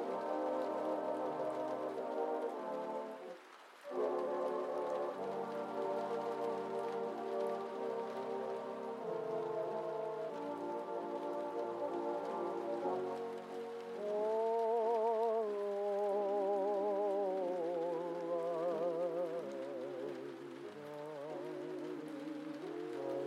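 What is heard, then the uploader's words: Old-fashioned music plays muffled, as if from another room, with sustained chords and a wavering, vibrato-rich melody rising in the second half. A steady hiss of rain runs underneath throughout, and the music briefly drops out just before the four-second mark. Cozy Rainy Night Vibes: Oldies Playing from Another Room. Vintage music from another room.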